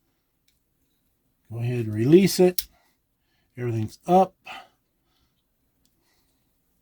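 A blade on a Winchester three-blade stainless steel folding hunting knife is being handled before it locks open into the handle's lock. Someone talks in two short bursts, separated by a brief gap. Nothing has seated or clicked yet.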